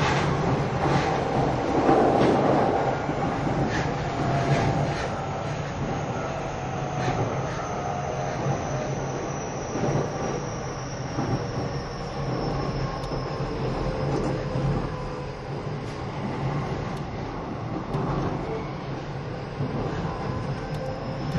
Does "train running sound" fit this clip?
yes